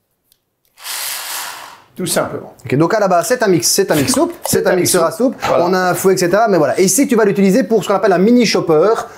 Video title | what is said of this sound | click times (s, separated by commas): Recettes faciles au Cook Expert, Robot Kenwood, Demeyere et Four vapeur Siemens - Les Plats Ep. 2/4 | on entend le petit clip et s'est fait tout | 0.3 s